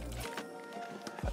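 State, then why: Not seated. A plastic interchangeable switch-grip thumb insert is pushed toward its bowling ball thumb sleeve, giving only a few faint, short handling taps over a steady background. The insert does not go in or click because the hole is slightly bigger, so nothing has seated or clicked yet.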